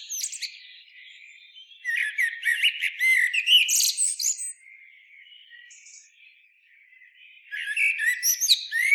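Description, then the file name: Eurasian blackbird song phrase of rich warbling notes topped with high squeaky flourishes, then a quiet gap before another phrase begins. "Turdus merula"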